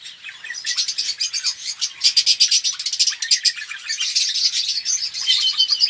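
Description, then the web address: Red-rumped parrot song: fast, high chattering warble of rapid chirps, building steadily and running unbroken to the end. "pevcii popugai. parrots psephotus-haematonotus"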